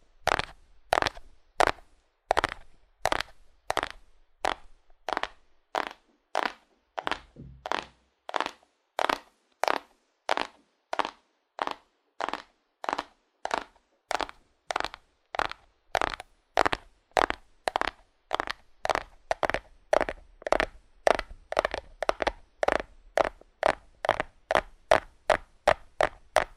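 Fast, hard taps on cardboard land in a steady, crisp rhythm, about two per second, quickening slightly in the second half over faint low rumble.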